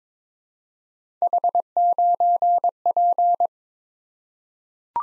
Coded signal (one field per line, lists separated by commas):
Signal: Morse code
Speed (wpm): 23 wpm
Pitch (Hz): 700 Hz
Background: none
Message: H9P